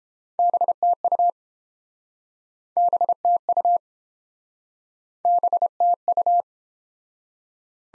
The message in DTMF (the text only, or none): none